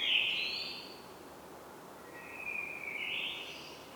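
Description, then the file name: Common blackbird song, fairly quiet: a squeaky high phrase at the start, then a softer mellow warble after a pause. "Turdus merula"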